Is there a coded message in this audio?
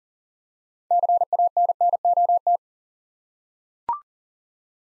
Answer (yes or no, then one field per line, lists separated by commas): yes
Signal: Morse code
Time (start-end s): 0.9-2.6 s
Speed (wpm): 40 wpm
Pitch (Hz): 700 Hz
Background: none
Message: CANNOT